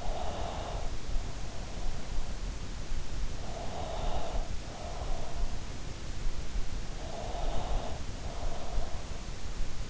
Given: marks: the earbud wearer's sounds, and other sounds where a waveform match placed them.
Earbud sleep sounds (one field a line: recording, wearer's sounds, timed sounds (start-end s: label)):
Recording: sounds in sleep by an in-ear microphone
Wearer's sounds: breath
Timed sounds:
0.00-0.85 s: breath
3.65-5.37 s: breath
6.91-8.91 s: breath